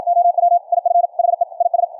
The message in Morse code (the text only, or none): OW IF HE IS